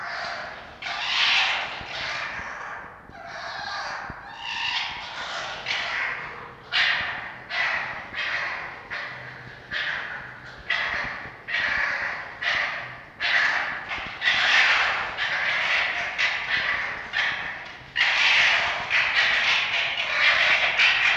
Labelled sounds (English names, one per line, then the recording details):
Red Fox
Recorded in captivity
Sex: group
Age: adult
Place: Zoologisches Institut der HUB, Berlin, DE
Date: 1952-03-21 18:00
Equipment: Elmetra
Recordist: Tembrock, Günter